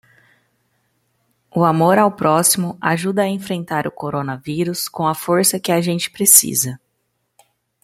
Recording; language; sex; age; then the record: spoken sentence; Brazilian Portuguese; female; 30 to 39 years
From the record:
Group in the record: control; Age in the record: 30 years